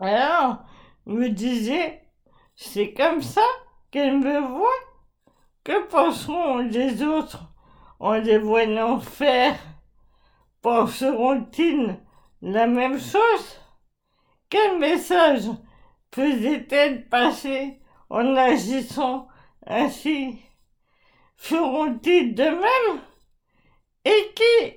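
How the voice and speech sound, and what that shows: A 40-year-old woman reads French in short, slow phrases broken by long pauses, with some stretched vowels and a slightly effortful, strained delivery. Her voice is severely affected: this is dysarthria from amyotrophic lateral sclerosis (Charcot disease), a disease that wastes the body's muscles, with articulation difficulties worsening little by little while thinking stays intact.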